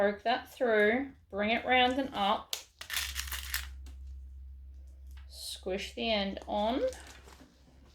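Someone talks while threading a sewn strap through and bringing it round and up, then pushing the hardware piece onto the strap end, with crinkly rustling handling noise around 3 to 4 seconds. Nothing has seated or clicked yet.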